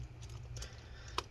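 A small screw is put back into the center of the battery mount of an Acer Aspire S7 Series MS2364 laptop and turned backwards, with faint scraping ticks around 0.3 s and 0.6 s. At 1.2 s a sharp, bright click is heard as the screw drops into the start of the thread, seating it so it can be twisted forward.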